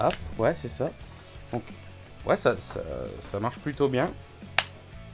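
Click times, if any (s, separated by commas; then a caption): 4.6 s. A plastic MoMaN H2E Eagle-Like duo motorcycle intercom unit is pushed back onto its helmet mounting bracket while someone talks. It snaps in with a single sharp click at 4.6 s, and the unit is firmly seated, no longer moving at all once the click is heard.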